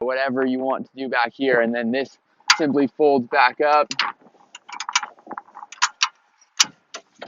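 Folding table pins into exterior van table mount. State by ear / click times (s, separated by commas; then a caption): seated / 6.0 s, 6.6 s. Someone talks as a rear-mounted folding table on a van's exterior table mount is folded back up, with light rattling as it moves. Its two pins then latch into the mount with sharp metallic clicks at 6.0 s and 6.6 s, locking the table into place.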